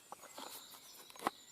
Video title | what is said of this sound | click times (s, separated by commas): Bowdrill from scratch, star fire, pimped knife | if it's in with a nice click on some | 1.3 s